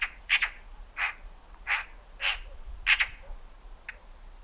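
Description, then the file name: Eurasian magpie harsh rasping calls, a series of several chattering notes given irregularly over four seconds, quiet hiss behind. "Pica pica"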